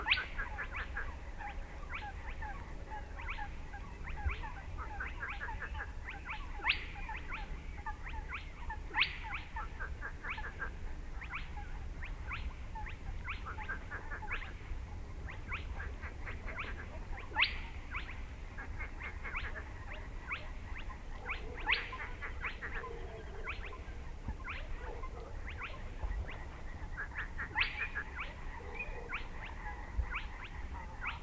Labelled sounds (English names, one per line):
Spotted Crake